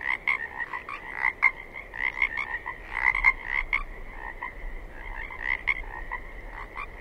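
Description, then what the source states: Pacific chorus frogs calling, groups of raspy croaks from several frogs over a steady high drone of the wider chorus. Several Pacific chorus frogs recorded 27 May 2006 at 21:20.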